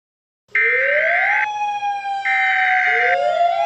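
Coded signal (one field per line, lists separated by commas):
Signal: Emergency Alert System (SAME) tones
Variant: header bursts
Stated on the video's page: Fictional EAS scenario, not a real alert.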